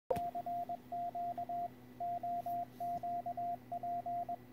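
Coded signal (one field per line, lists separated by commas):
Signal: Morse code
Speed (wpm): 21 wpm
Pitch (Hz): 700 Hz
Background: radio noise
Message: CQ OQP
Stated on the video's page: CW contest contacts in the Ohio QSO Party, keyed with a Winkeyer USB and Vibroplex iambic key; Icom IC-7610 at 100 watts into a wire off a tower.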